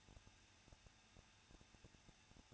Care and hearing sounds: daily activity, microphone in the room; no activity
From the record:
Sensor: 2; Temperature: 21.0 degrees Celsius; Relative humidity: 37.5%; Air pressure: 1006.3 hPa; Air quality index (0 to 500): 223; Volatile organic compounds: 25 ppm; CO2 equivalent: 2837 ppm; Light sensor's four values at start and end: 2/3/2/2 and 2/3/2/2

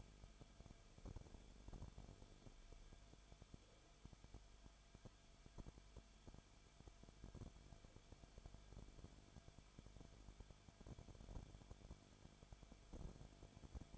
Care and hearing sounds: daily activity, microphone in the room; no activity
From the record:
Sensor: 5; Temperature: 20.4 degrees Celsius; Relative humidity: 39.8%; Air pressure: 1010.8 hPa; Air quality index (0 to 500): 165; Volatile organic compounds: 15 ppm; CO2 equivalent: 2502 ppm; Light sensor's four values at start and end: 2/3/1/1 and 2/3/1/1

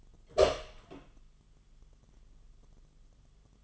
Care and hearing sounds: daily activity, microphone in the room; open door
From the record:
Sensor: 4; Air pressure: 1005.8 hPa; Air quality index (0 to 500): 87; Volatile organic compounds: 2 ppm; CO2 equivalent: 1078 ppm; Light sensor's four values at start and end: 13/30/12/11 and 13/30/11/11

